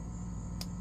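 A rubber wire boot that kept turning is pushed onto an engine terminal on a 1957 Farmall 450 Diesel, against a steady low background hum. It snaps on with a short, sharp click at 0.6 seconds, and the boot is seated.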